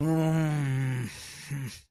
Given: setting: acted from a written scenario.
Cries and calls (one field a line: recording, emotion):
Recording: vocal sound without words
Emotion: anger